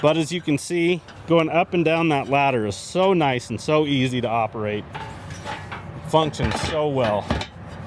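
Someone talks while a folding ladder on a 2025 Cimarron Norstar 11 Horse Gooseneck Air Ride trailer is handled. Rattling and metal handling noises follow. The ladder is moved toward its trailer mount, but its latch has not locked into place yet.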